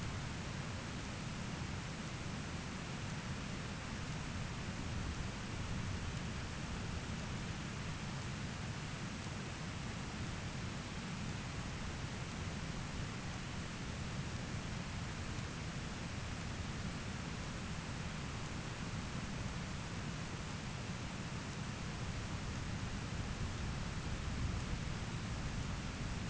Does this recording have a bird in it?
no